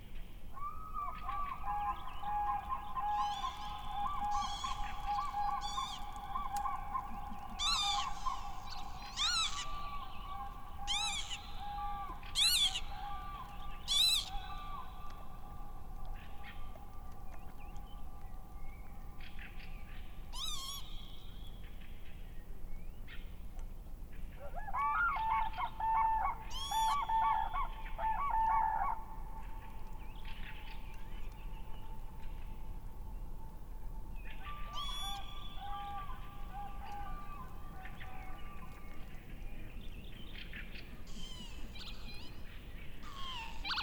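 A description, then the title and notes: Northern lapwings give shrill, rising wheezy calls over a spring field, clustered in the first fifteen seconds and returning near 25 and 35 seconds. A steady mid-pitched hum runs beneath much of the recording, with a low, constant rumble of open country behind. In April, the northern lapwings ( Vanellus vanellus ) return. Their joyful flight and funny sounds can be heard in the spring fieldscape.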